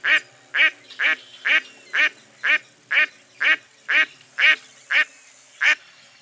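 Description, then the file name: Duck quacking in a regular chain, harsh nasal notes about two per second, twelve calls with a brief gap before the last. "zvuki glazchatoi kriakvy"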